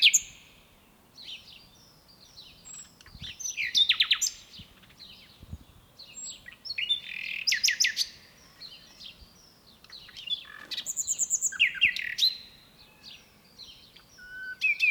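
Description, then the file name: Common nightingale song in separate phrases of varied chirps, clicks and buzzy rattles, spaced a few seconds apart with quiet pauses between. "Luscinia megarhynchos"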